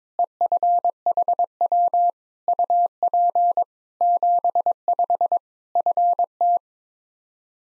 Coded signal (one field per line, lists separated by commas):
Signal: Morse code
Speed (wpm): 22 wpm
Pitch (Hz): 700 Hz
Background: none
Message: EFHW UP 75 FT